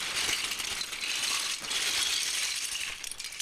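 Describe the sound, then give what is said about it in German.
Small hard plastic Lego bricks rattle and clatter inside a crinkling plastic bag, a steady busy jumble of clicks and rustles that continues throughout without pause, with no voices. “Sie wühlte im obersten Fach des Schranks und fand schließlich eine Plastiktüte mit Legosteinen.”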